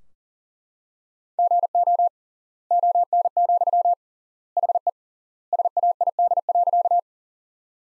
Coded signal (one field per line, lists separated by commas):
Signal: Morse code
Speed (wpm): 40 wpm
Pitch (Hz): 700 Hz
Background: none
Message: GO ON, HE SAID.